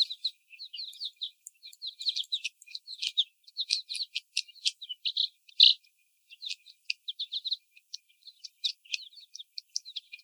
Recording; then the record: young laying hens in a cage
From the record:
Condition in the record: before the stressor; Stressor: sudden umbrella opening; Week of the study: 1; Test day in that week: 1